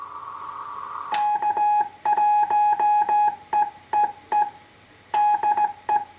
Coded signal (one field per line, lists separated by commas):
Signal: Morse code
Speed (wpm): 17 wpm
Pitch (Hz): 840 Hz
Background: none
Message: K1EEE DE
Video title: Heathkit HW-101 tube radio CW QSO